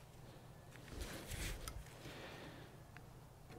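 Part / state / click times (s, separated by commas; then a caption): wrist pin circlip into piston pin bore groove / seated / 1.7 s. On a Chevy 2.2 Ecotec engine being assembled, the first steel circlip is pressed with needle-nose pliers into the groove in the piston's wrist pin bore. Faint scraping and handling noises lead up to a sharp snap at 1.7 s as the circlip seats in its channel, with a couple of lighter ticks around it. The circlip is seated.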